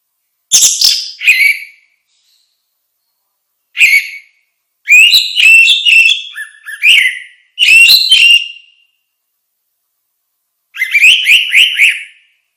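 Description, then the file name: Orange-headed thrush song: short bursts and longer runs of bright, varied whistled notes, coming in five separated phrases with gaps of silence. "suara kicau burung anis merah"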